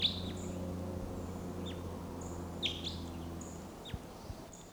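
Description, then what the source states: Crossbill calls: several short, sharp, downward-slurred chips scattered throughout, with a low hum underneath for most of it. Wild crossbill, heard while a caged bird is not calling.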